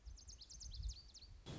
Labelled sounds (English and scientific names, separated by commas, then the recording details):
Lazuli Bunting (Passerina amoena)
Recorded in Sonoma County, California